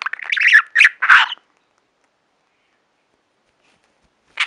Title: Budgie Sounds